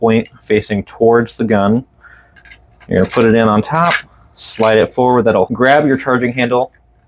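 Someone talks while handling the bolt carrier group and charging handle of a Springfield Armory Saint Victor 5.56 rifle, placing the group on top and sliding it forward in the upper receiver, with faint brief sounds near 2.4 s during a pause in the talking. The parts are still being handled and nothing has seated or clicked yet.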